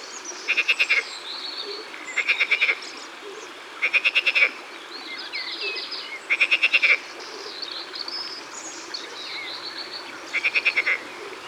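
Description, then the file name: Marsh frog giving rapid pulsed, laughing croak bursts, five bouts at uneven intervals, over a constant hiss with soft higher chirps between them. Laughing green frog recorded in the Ardèche, France, as part of a collection of natural soundscapes. "Grenouille-Verte-Rieuse-Concerts-Naturels-De-l Ardeche"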